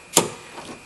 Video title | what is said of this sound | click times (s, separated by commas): 2004-2008 Ford F150, F250,F350 Replace The side Window | it back into the connector and you'll hear a snap and then | 0.2 s